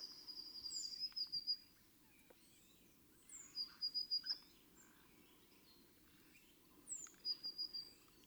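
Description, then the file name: Eurasian blue tit repeating short high trilled phrases about every three seconds, with scattered faint chirps and background noise. "Cyanistes caeruleus"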